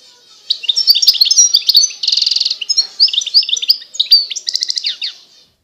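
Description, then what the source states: European goldfinch in steady high twittering song, mixing liquid chips, a buzzy trill and a rattling series of notes. Wild bird.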